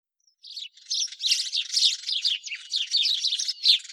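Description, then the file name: House sparrow chirping, a dense run of rapid, overlapping high chirps that starts after half a second and continues without pause to the end. "Passer domesticus"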